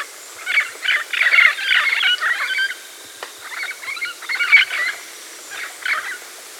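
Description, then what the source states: Scaly-naped parrot squawks, raspy and grating, in clustered bursts with short pauses. South America.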